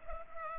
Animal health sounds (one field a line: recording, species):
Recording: mosquito wingbeat signal from an infrared sensor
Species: Culex pipiens